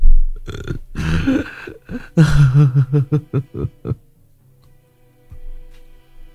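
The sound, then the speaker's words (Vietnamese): A voice acts out an old woman's hiccuping sob: a strained, wavering cry breaks into a quick run of choked, gulping pulses, then fades to near silence with a faint breath. “Đến đây cụ nấc lên một tiếng, lăn ra ngất xỉu.”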